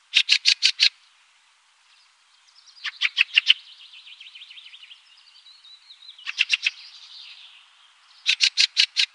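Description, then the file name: Fieldfare giving bursts of four to six sharp, clicking notes, with soft warbled twittering between some of the bursts. "Bjorktrast"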